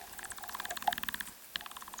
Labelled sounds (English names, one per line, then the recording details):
Hazel Dormouse call
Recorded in the wild
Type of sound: call
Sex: female
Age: adult
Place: Jena, Thüringen, DE
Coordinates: 50.9192, 11.5299
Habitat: Nestbox
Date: 2022-08-24
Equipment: audiomoth
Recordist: Nüske, Jörg
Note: NSG Jenaer Forst: Kontaktaufnahme (Nesteingang)